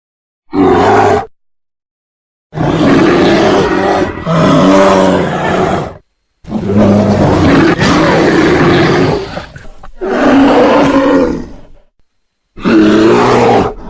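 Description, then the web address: Brown bear roaring repeatedly: a short growl, then several long, rough, throaty roars lasting a few seconds each, broken by brief silent gaps. "ayi sesi ayi kukremesi dikkat korkmayin. boz ayi"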